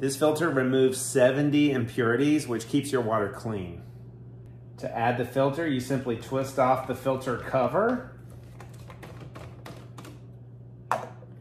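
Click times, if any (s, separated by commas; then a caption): 10.9 s. A replacement cartridge for a PUR water filtration system (new 2024 version) is pushed into its faucet-mount filter housing after the filter cover is twisted off. Someone talks, then a few soft taps follow. A sharp click at 10.9 s marks the cartridge seating in the housing.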